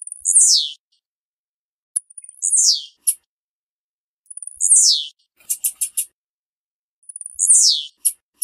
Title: Piado De Fêmea De Tiziu